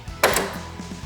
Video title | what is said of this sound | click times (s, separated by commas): My $500 OFF-ROAD Sports Car Build // Off Road Fiero [Part 1] | seriously you heard that click first try check it out guys | 0.2 s